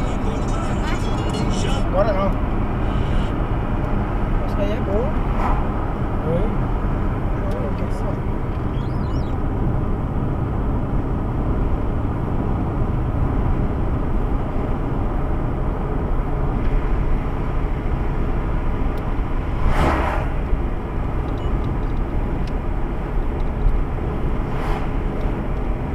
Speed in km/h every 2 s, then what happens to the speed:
80, 80, 80, 81, 81, 83, 85, 87, 85, 85, 86, 86, 87.
0-26 steady at about 85.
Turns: none.